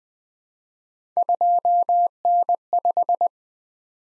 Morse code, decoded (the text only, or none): 2N5